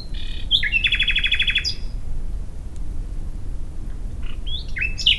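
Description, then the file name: Common nightingale song: a phrase of varied notes leading into a fast trill of repeated notes, then a pause and another burst of sharp varied notes; low background rumble. "Luscinia megarhynchos"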